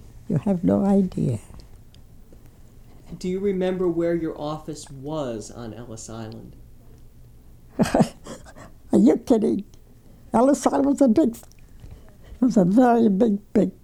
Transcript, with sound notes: you have no idea."
Do you remember where your office was on Ellis Island?
( she laughs ) Are you kidding? Ellis Island's a big, it was a very big, big